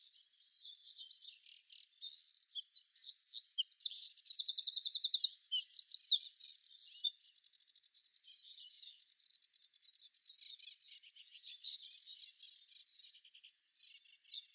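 Eurasian wren singing a loud burst of high, rapid twittering notes that run into a quick, even trill, then fades to faint, scattered high chatter.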